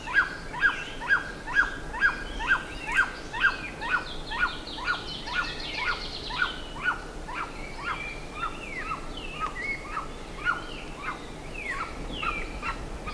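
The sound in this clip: Bird calls: a brisk, regular train of short descending notes, about two per second, with a jumble of higher chirps from other birds behind.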